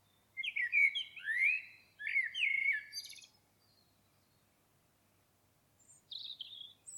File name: Turdus merula